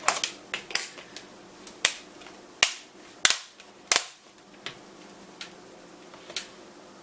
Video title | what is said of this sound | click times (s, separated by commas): Replace Laptop Screen Replacement For TOSHIBA PORTEGE Z935-P300 | give you a couple of snap sounds | 1.9 s, 2.6 s, 3.2 s, 3.9 s